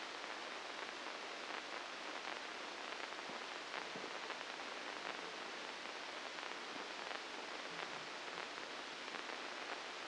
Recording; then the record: brain microelectrode recording played as sound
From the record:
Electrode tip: inside the subthalamic nucleus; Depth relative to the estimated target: -4 mm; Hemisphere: right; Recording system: NeuroSet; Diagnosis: Parkinson's disease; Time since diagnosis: 9 years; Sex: female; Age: 51 years